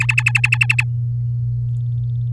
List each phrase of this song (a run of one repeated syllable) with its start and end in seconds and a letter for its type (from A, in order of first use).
0.00-0.83 A